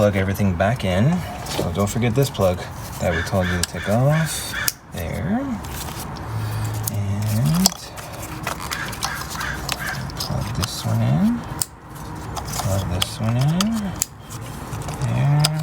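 During a spark plug change on a 2010 Toyota Corolla S, the plastic wiring harness connector removed earlier is handled and pushed back toward its socket on an engine component in the ignition coil area, while someone talks throughout. Several short, sharp sounds occur, but the connector has not yet clicked or seated when the clip ends.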